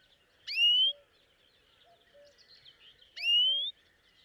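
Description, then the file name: European greenfinch calls, two drawn-out rising wheezy notes about two and a half seconds apart, with faint soft chirps between them. "Chloris chloris"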